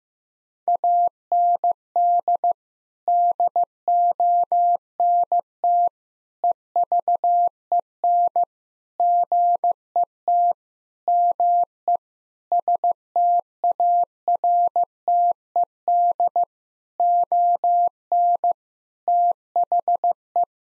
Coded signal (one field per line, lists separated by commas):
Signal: Morse code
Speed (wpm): 16 wpm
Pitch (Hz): 700 Hz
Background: none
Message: AND DONT EVEN GET ME STARTED ON THE